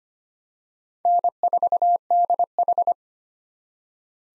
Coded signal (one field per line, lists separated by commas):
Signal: Morse code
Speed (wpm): 25 wpm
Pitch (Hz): 700 Hz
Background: none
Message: N4DH